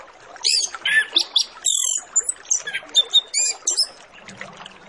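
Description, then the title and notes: Orange-headed Thrush song, a run of high, rapid chirps and sharp whistled notes in quick bursts, over a soft steady hiss. Full-fill master recording used as a lure to get Orange-headed Thrushes to sing quickly and openly. "Masteran Anis Kembang Full Isian Untuk Suara Pancingan Anis Kembang Agar Cepat Ngeplong. Suara Burung Anis Kembang"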